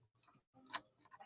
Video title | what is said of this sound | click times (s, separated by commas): Star Wars BlackSeries Krrsantan & MicroGalaxy Imperial Shuttle Unboxing - What’s in the Box?! Ep. 31 | so these Tabs are just going to pop in see that snapped right in | 0.8 s